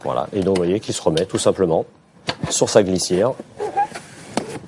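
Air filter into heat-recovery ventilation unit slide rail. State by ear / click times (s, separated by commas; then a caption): seated / 4.4 s. The fresh-air filter of a heat-recovery ventilation unit is slid back onto its rail and pushed until it clips into place. Someone talks, and then a single sharp snap is heard at 4.4 s as the filter seats.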